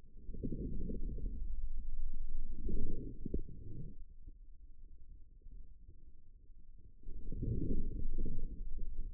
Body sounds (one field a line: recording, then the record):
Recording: forearm muscle sounds (acoustic myography)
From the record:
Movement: inward rotation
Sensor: system 2, bracelet of six BSWA MPA416 microphones around the upper forearm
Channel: 1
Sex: male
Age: 22 years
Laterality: right